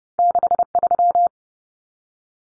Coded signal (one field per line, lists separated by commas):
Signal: Morse code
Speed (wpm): 30 wpm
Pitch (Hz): 700 Hz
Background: none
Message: 63